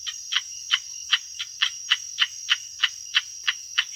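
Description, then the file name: Indosylvirana serendipi calling in a fast series of short, sharp pulsed notes, about three each second, over a steady high-pitched insect whine. "Indosylvirana serendipi"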